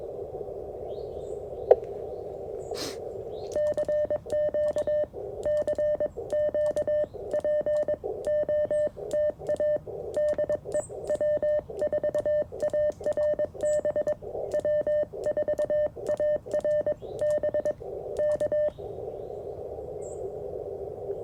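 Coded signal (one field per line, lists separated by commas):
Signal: Morse code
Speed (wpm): 22 wpm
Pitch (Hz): 600 Hz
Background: none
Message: E CQ CQ POTA DE W4ARB W4ARB K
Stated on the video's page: QRP CW Parks on the Air activation using a CFT1 radio, a Modern Morse Nameless key, and a whip antenna with a coil.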